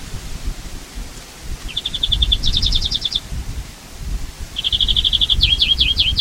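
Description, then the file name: European greenfinch trilling in rapid bursts that jump to a higher twitter, with a continuous low rumble beneath. "Chloris chloris"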